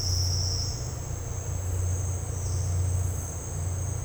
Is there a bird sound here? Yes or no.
no